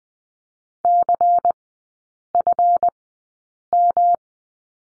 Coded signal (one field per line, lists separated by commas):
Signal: Morse code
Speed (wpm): 20 wpm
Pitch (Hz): 700 Hz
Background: none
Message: CFM